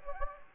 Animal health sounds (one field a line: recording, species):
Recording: mosquito wingbeat signal from an infrared sensor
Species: Anopheles gambiae